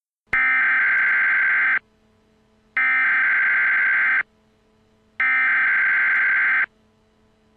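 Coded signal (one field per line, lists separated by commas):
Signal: Emergency Alert System (SAME) tones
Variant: header bursts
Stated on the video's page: Real EAS activations during the St. Louis tornado, presented as a timeline.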